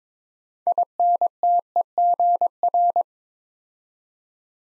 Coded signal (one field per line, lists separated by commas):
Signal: Morse code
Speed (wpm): 22 wpm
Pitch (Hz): 700 Hz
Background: none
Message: INTEGR